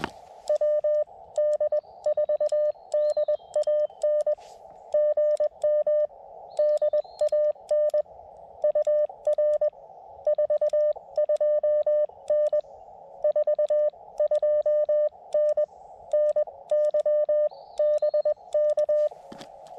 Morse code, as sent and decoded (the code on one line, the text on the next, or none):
.-- -.. ....- -.. .- -. / --. -- / -.. .- -. / ..- .-. / ....- ..--- -. / ....- ..--- -. / -. -.-- -... -.-
WD4DAN GM DAN UR 42N 42N NYBK